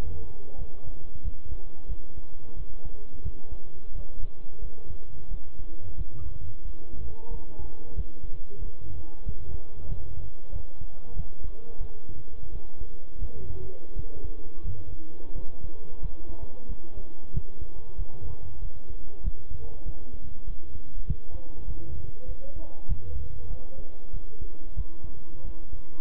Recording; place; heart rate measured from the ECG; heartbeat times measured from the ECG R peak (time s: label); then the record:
heart sounds by stethoscope; between the tricuspid and mitral areas; 92 bpm
0.59 s: heartbeat
1.24 s: heartbeat
1.89 s: heartbeat
2.57 s: heartbeat
3.24 s: heartbeat
3.95 s: heartbeat
4.62 s: heartbeat
5.31 s: heartbeat
5.97 s: heartbeat
6.65 s: heartbeat
7.31 s: heartbeat
7.96 s: heartbeat
8.62 s: heartbeat
9.26 s: heartbeat
9.89 s: heartbeat
10.53 s: heartbeat
11.16 s: heartbeat
11.81 s: heartbeat
12.52 s: heartbeat
13.21 s: heartbeat
13.96 s: heartbeat
14.64 s: heartbeat
15.35 s: heartbeat
16.02 s: heartbeat
16.69 s: heartbeat
17.34 s: heartbeat
17.98 s: heartbeat
18.62 s: heartbeat
19.24 s: heartbeat
19.86 s: heartbeat
20.47 s: heartbeat
21.08 s: heartbeat
21.68 s: heartbeat
22.28 s: heartbeat
22.88 s: heartbeat
23.50 s: heartbeat
24.14 s: heartbeat
24.77 s: heartbeat
25.45 s: heartbeat
From the record:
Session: bicycle stress test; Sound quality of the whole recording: good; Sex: male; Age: 23 years